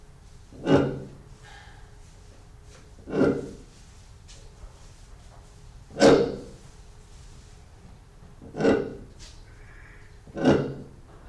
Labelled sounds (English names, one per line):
Kori Bustard call